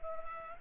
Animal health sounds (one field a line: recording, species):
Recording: mosquito wingbeat signal from an infrared sensor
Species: Anopheles gambiae